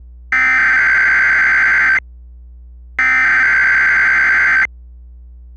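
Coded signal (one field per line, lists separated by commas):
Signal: Emergency Alert System (SAME) tones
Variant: header bursts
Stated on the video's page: Mock Required Weekly Test made for a challenge, with some added audio effects.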